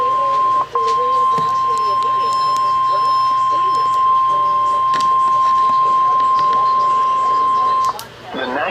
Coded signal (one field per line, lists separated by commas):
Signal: Emergency Alert System (SAME) tones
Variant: 1050 Hz attention tone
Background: speech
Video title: Severe Thunderstorm Warning Oklahoma Noaa Weather Radio Station WXK 85 Oklahoma City Oklahoma 5/8/26